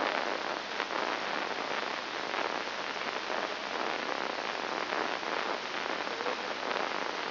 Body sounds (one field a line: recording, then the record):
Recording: brain microelectrode recording played as sound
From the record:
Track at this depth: inside the subthalamic nucleus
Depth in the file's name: 2.104 mm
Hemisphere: left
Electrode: 3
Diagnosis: Parkinson's disease